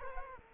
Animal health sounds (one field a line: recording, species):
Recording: mosquito wingbeat signal from an infrared sensor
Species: Culex quinquefasciatus